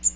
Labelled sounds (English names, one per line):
Magnolia Warbler flight call